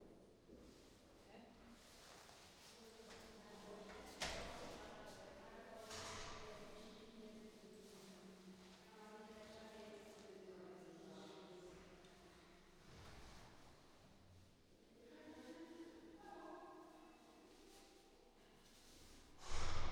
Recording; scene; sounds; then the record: everyday scene through a hearing-aid microphone; reverberant space; speech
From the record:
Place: staircase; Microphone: in the ear canal, right